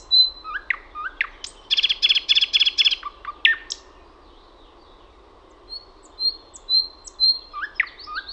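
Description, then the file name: Thrush nightingale singing: a few sharp notes, then a pulsed rattling series, then a quiet gap followed by thin high whistles and loud chipping notes. "SATAKIELI"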